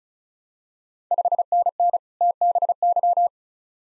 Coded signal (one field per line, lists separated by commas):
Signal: Morse code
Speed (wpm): 36 wpm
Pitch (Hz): 700 Hz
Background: none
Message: 5NN TBY